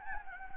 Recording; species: mosquito wingbeat signal from an infrared sensor; Anopheles gambiae